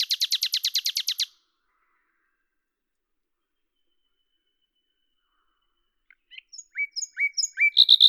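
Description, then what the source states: Common nightingale song: a rapid rattling trill of about a dozen notes, a long silence, then a new phrase of sharp clicks and repeated stepped notes building louder. Lavours, France, 10 May 1998; recorded with a Tascam DAP-1 and a Télingua microphone, edited in Samplitude 5.1.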